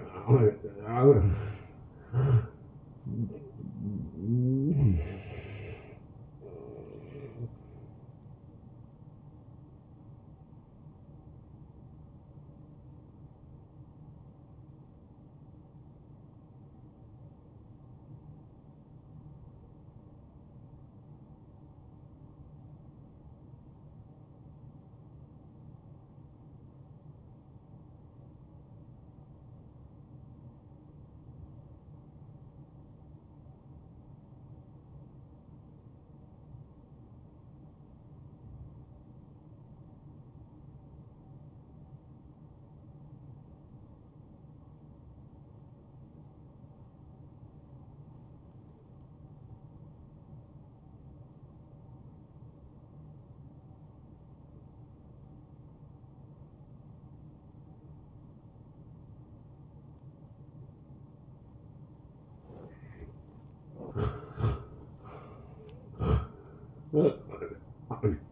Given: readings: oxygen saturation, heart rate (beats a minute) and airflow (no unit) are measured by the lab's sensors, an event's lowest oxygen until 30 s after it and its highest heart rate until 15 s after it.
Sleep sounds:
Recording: breathing in sleep by a smartphone at the bedside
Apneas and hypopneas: 1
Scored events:
15.00-61.10 s: obstructive apnea (N1, oxygen 96% highest, then 87% lowest, heart rate 74 at the start, 83 highest)
From the record:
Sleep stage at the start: N1 (lightest sleep)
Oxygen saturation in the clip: 85 to 96%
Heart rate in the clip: 56 to 79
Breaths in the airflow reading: 5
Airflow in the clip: -15.9 to 9.9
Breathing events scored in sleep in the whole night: 263 in 5.5 hours asleep

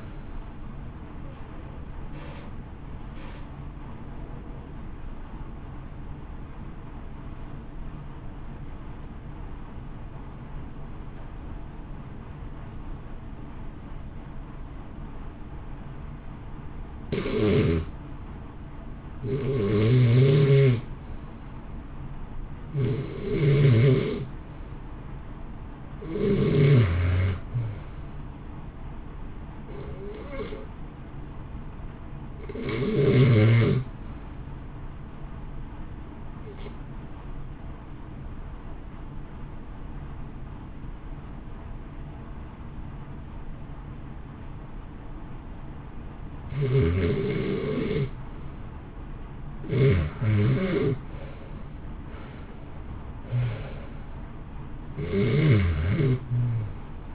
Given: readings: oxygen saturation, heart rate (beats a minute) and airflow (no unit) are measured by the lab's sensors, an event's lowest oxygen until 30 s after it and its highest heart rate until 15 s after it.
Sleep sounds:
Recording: breathing in sleep by a smartphone at the bedside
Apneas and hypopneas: 2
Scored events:
7.00-18.80 s: obstructive apnea (REM, oxygen 93% highest, then 91% lowest, heart rate 56 at the start, 66 highest)
32.00-49.80 s: hypopnea (REM, oxygen 95% highest, then 78% lowest, heart rate 65 at the start, 74 highest)
From the record:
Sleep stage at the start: REM sleep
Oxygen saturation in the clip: 68 to 95%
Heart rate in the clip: 56 to 74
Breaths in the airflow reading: 13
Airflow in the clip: -1.3 to 2.0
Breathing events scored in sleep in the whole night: 328 in 6.3 hours asleep

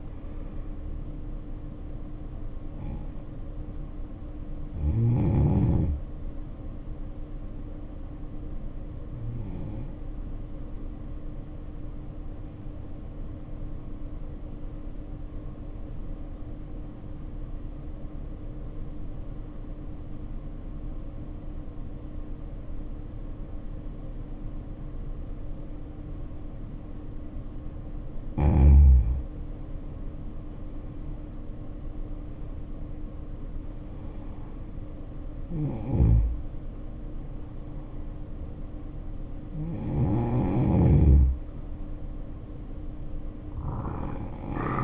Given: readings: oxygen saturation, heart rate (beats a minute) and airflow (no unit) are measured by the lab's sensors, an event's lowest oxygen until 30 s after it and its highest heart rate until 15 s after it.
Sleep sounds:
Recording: breathing in sleep by a smartphone at the bedside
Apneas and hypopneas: 1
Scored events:
10.00-40.00 s: new sleep stage, N2 (light sleep)
16.00-28.00 s: obstructive apnea (N2, oxygen 95% highest, then 78% lowest, heart rate 56 at the start, 71 highest)
40.00-44.84 s: new sleep stage, N1 (lightest sleep)
From the record:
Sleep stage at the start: N1 (lightest sleep)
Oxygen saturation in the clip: 74 to 95%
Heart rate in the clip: 53 to 71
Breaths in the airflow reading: 6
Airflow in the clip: -9.1 to 9.3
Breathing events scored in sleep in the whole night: 520 in 7.2 hours asleep

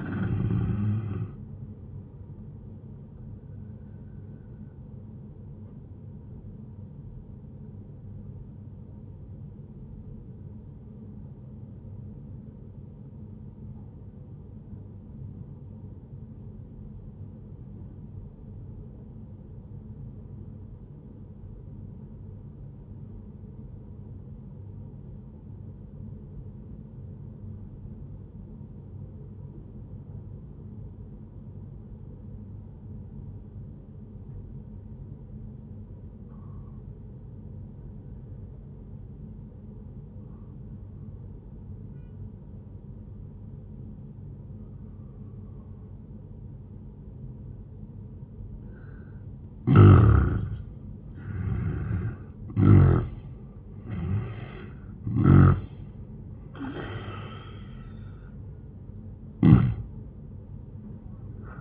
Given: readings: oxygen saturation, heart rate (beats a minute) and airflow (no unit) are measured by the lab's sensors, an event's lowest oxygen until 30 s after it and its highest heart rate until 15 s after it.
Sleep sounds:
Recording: breathing in sleep by a smartphone at the bedside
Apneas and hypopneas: 1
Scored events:
3.00-33.00 s: new sleep stage, N1 (lightest sleep)
9.00-49.60 s: obstructive apnea (N1, oxygen 96% highest, then 84% lowest, heart rate 80 at the start, 87 highest)
33.00-61.61 s: new sleep stage, N2 (light sleep)
From the record:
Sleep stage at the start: N2 (light sleep)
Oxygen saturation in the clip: 82 to 96%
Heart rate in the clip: 68 to 87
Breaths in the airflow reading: 3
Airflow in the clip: -13.0 to 13.6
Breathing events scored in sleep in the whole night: 131 in 7.2 hours asleep

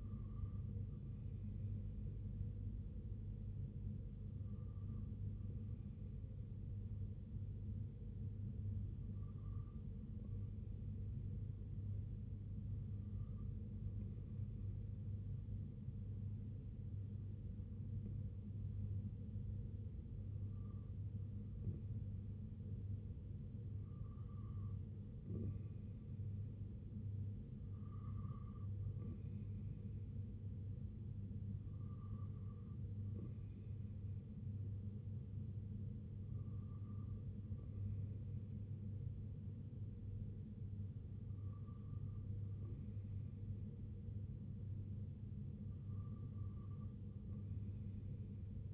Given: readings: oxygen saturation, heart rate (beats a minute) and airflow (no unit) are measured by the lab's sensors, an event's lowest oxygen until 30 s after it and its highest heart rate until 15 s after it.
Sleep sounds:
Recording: breathing in sleep by a smartphone at the bedside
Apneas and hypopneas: none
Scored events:
none scored
From the record:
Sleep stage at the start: N2 (light sleep)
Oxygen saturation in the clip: 93 to 95%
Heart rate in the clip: 65 to 71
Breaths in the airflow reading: 11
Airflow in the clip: -4.2 to 2.4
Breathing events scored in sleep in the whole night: 258 in 7.4 hours asleep

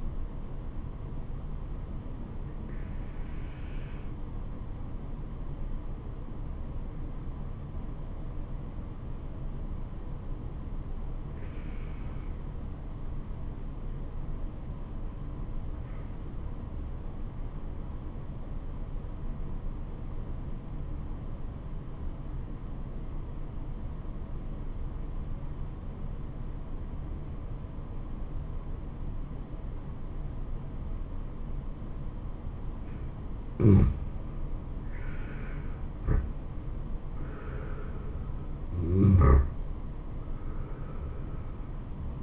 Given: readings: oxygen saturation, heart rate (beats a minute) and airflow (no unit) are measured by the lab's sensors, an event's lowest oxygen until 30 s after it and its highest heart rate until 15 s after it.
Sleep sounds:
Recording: breathing in sleep by a smartphone at the bedside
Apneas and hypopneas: 1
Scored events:
6.00-35.50 s: obstructive apnea (N2, oxygen 96% highest, then 84% lowest, heart rate 62 at the start, 80 highest)
From the record:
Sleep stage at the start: N2 (light sleep)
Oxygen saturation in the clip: 85 to 96%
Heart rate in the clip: 62 to 80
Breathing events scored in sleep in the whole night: 426 in 7.4 hours asleep

